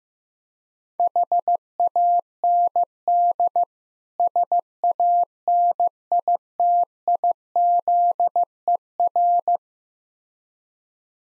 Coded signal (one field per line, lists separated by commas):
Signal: Morse code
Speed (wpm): 15 wpm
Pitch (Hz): 700 Hz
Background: none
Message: HAND SANITIZER